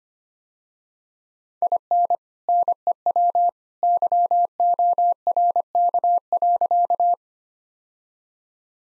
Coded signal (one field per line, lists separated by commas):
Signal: Morse code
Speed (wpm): 25 wpm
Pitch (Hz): 700 Hz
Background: none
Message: IN NEW YORK.